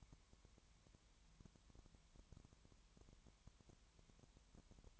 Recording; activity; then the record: daily activity, microphone in the room; no activity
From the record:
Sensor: 3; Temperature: 20.5 degrees Celsius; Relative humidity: 33.0%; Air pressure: 1003.2 hPa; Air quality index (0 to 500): 105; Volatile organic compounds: 2 ppm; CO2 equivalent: 1067 ppm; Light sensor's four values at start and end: 2/3/2/2 and 2/3/2/2